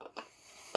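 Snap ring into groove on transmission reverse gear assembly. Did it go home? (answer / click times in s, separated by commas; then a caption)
yes / 0.8 s. A tool taps on the nylon to push a snap ring into its groove on a transmission reverse gear assembly. A few soft taps are heard early, then a sharp pop at 0.8 s as the ring seats in the groove.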